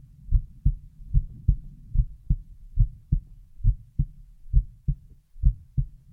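Heartbeat of an adult heard close up, with nothing but the heartbeat: deep, low-pitched thumps repeating at about 72 beats per minute.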